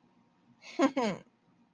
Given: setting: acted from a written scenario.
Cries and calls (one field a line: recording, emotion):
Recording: vocal sound without words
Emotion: pride